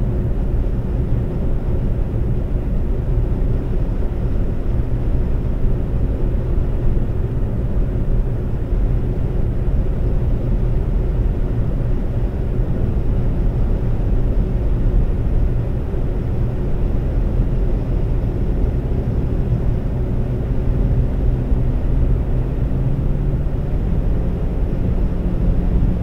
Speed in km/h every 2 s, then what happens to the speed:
134, 134, 134, 134, 134, 134, 134, 134, 134, 134, 134, 134, 132.
0-26 steady at about 134.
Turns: none.